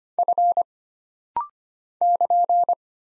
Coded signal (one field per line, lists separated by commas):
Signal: Morse code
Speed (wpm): 25 wpm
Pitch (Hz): 700 Hz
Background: none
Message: F <KN>